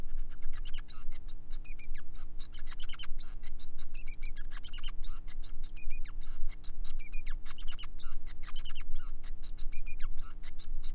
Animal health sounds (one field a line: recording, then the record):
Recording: song of a male Bengalese finch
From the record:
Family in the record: son of father 5